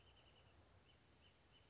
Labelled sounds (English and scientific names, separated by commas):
Wrentit (Chamaea fasciata)